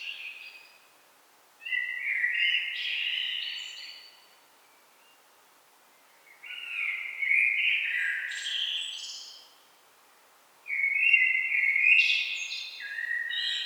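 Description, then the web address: Common blackbird singing several mellow warbled phrases, low fluted notes running into squeaky twittering, separated by short silent pauses. "SETE data Turdus merula"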